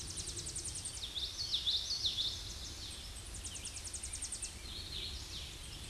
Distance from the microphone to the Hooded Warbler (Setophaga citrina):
about 35 m